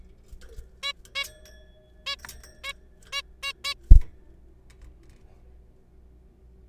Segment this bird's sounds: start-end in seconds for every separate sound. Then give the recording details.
0.83-0.93, 1.15-1.25, 2.06-2.16, 2.63-2.73, 3.12-3.22, 3.43-3.53, 3.65-3.74. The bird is a juvenile. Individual R3428